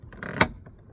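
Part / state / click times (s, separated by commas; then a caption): plastic door panel retaining clip into vehicle door frame / seated / 0.4 s. While an interior door trim panel is reinstalled on a Sienna van door, it is pressed with both hands, producing a brief broadband rustle and scrape from about 0.2 s. A plastic retaining clip then snaps into the metal door frame with a sharp click at 0.4 s, followed by a faint softer tap near 0.7 s. The clip seats and the panel is secured.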